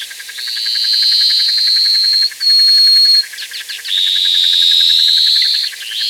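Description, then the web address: Plain-colored seedeater calling in long, level, buzzy notes, each held for about a second or more, with brief stuttering gaps between them. Ecuador. "Birds of Ecuador. Plain-Colored Seedeater"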